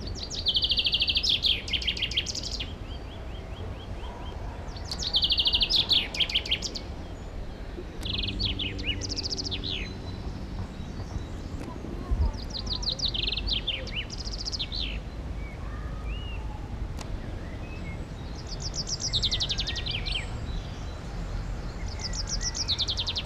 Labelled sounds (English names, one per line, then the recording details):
Common Chaffinch song
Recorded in the wild
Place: Garmisch-Partenkirchen, Bayern, DE
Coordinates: 47.4958, 11.1297
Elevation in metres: 943
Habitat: mountains
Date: 1980-03-29
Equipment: Uher 4000 Report, Sennheiser MKH 815 T
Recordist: Tretzel, Erwin